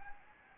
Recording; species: mosquito wingbeat signal from an infrared sensor; Anopheles arabiensis